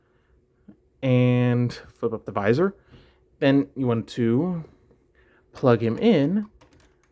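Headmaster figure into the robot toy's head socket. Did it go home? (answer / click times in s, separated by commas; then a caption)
no / none. Someone talks while handling a Headmaster figure, flipping up its visor before plugging it into the head socket of a plastic Transformers Energon Omega Supreme robot toy, with a few faint plastic ticks underneath. The figure has not yet seated or clicked into place by the end of the clip.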